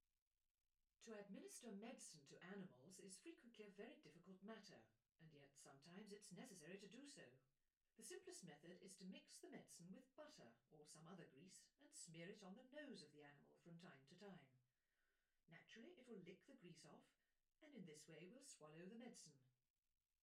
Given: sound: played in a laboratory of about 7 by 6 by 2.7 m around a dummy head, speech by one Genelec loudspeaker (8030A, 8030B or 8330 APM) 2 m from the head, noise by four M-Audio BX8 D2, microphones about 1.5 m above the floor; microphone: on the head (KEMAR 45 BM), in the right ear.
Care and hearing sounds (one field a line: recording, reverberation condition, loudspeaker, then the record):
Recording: female speech in English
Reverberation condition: low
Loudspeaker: 120 degrees to the left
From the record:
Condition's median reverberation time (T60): about 310 ms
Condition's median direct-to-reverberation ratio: about 3.5 dB